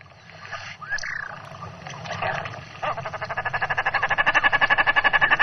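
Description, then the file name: Common shelduck calls: a brief rising whistle and scattered notes, then a quick, steady series of harsh repeated pulses growing louder toward the end. "Gravand"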